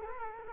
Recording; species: mosquito wingbeat signal from an infrared sensor; Culex quinquefasciatus